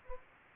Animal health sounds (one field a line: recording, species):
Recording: mosquito wingbeat signal from an infrared sensor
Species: Anopheles gambiae